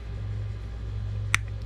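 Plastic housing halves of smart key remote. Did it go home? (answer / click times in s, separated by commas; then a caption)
yes / 1.3 s. Someone presses the two plastic halves of a 2017 Jeep Compass 5-button smart key remote housing together after replacing its battery, over a steady low hum. A sharp, bright snap is heard at 1.3 s, followed by a faint tick at 1.5 s. The halves are seated and the housing is sealed.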